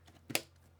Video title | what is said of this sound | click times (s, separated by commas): This PC Case is Insane - Lian Li LANCOOL 217 Infinity White Gaming PC - How To Build | And then two clicks. One | 0.4 s